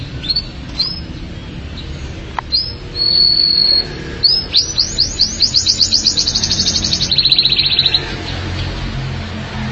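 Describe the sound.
Canary song: high whistled notes and a sustained tone, then a fast trill of about four notes per second, ending in a lower rolling trill; low background hum.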